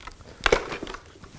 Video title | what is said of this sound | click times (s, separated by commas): Jiraffe - HTS by Rifton Assembly | once you've got them located in pull the seat back until you hear a firm click and | 0.5 s